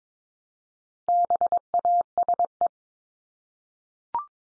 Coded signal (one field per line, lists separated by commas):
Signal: Morse code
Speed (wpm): 22 wpm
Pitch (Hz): 700 Hz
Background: none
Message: BASE